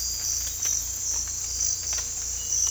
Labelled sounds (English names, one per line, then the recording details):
none
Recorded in dense forest near Puerto Asís, Putumayo, Colombia, on 18 December 2024 at 03:30
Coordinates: 0.486, -76.317
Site G003